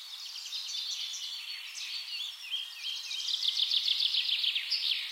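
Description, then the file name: Eurasian wren song, somewhat softer and blurred: a stream of high twittering notes and fast trills, growing a little louder toward the end. "Troglodytes troglodytes"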